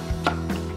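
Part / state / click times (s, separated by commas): metal locating pin of router circle guide base plate into its slot / seated / 0.3 s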